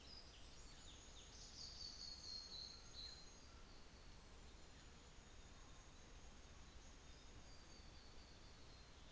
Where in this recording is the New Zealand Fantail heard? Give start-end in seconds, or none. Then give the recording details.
0.29-3.49, 4.10-7.92. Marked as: faintness 3/5, faintness 5/5. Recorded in New Zealand on 24 December 2018. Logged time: 15:45